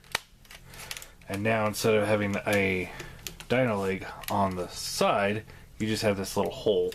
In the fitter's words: lock into place